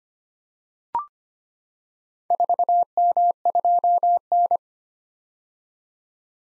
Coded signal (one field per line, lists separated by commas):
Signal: Morse code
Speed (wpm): 25 wpm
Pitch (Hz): 700 Hz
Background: none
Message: 4M2N